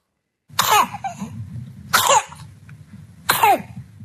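Three strained, high-pitched coughs from a young infant, roughly one every one and a half seconds, each with squeaky tonal edges over a low background hum. This is whooping cough (pertussis), contracted at just 4 weeks old, too young to be vaccinated; a dangerous infection in infants.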